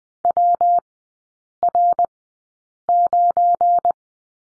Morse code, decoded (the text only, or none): WR9